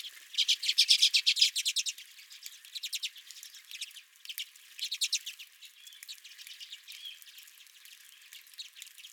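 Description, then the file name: Redpoll calls: a loud rapid stuttering trill at the start, then softer scattered chatter and a few short rattles. Several redpolls at the recordist's own feeder. "Redpolls at My Feeder"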